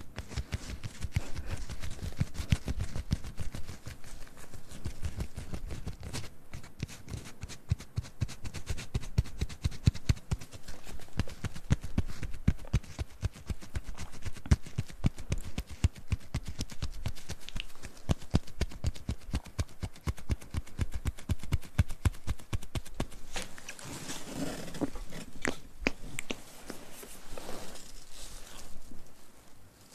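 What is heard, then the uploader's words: Mouth sounds come as a dense, rapid stream of wet clicks and pops, crowding the whole half minute with little pause. The texture stays fairly even, though around 23 to 25 seconds a brighter, rustling swell of friction sounds rises over the clicking. ASMR Mouth Sounds & Ear Play.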